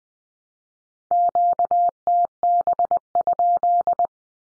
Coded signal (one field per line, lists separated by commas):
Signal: Morse code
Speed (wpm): 20 wpm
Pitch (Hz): 700 Hz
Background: none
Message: QTB?